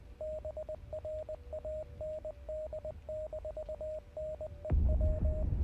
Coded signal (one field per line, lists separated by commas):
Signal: Morse code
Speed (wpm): 19 wpm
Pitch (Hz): 620 Hz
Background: radio noise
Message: BRAND-NEW